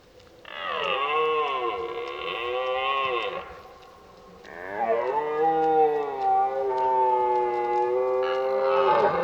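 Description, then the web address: Red deer letting out two long, sustained roars, the first steady, the second opening with a falling sweep and trailing into a final rise. During the rut, while driving the herd. "geluiden Burlen drijven"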